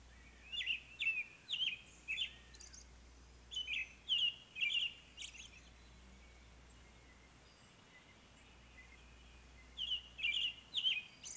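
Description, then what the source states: American robin singing bursts of several rich caroling phrases, then a pause of a few seconds before another burst begins. Rare breeder in the northwestern counties of Florida.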